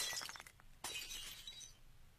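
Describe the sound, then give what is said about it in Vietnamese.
A thrown ceramic bowl strikes a man's back and smashes with a sharp, bright crash, followed by a second burst of shattering and scattered tinkling fragments that slowly fade out. “Cái bát đập vào lưng thằng béo, vỡ đánh xoảng một tiếng, hết cả hồn.”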